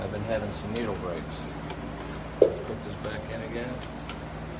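Someone talks while handling a bobbin case, putting it back into an embroidery machine hook after some needle breaks. Faint handling taps sit under the speech and a low steady hum, with one sharper tap partway through. Nothing has seated or clicked yet when the clip ends.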